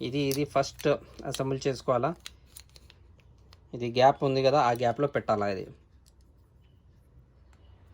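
Someone talks while lining up a plastic spinning top layer with the gap in its base, producing a few faint, sharp plastic ticks between about 2.6 and 3.5 seconds before the talking resumes. The part has not yet been twisted home, so nothing has seated or clicked yet.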